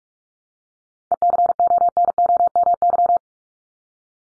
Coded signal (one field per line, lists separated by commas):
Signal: Morse code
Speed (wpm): 44 wpm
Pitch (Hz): 700 Hz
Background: none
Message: ECONOMY